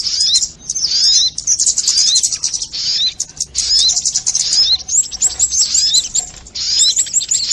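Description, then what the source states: Crimson sunbird pouring out a sustained, high-pitched chirping twitter with recurring rising whistled notes and short pauses. Tutor song (masteran) in the 'labaik' style.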